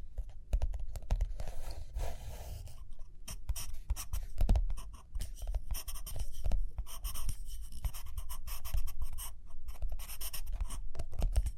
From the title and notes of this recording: Page Turning and Tapping, Writing, Drawing.